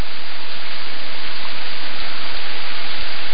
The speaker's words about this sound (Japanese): 雨は着いた初日から降り続いている。降っては止み、晴れ間が差し込んだかと思うとまたしずしずと気づかれないよう降り始めている。